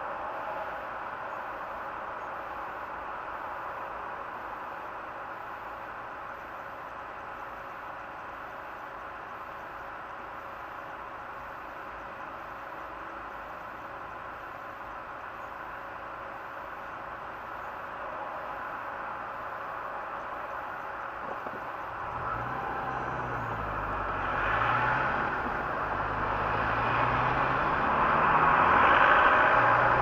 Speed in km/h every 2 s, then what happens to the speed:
2, 2, 2, 2, 2, 2, 2, 2, 2, 2, 2, 7, 19, 19, 36.
0-21 standing. 21-30 pulls away to 36.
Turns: none.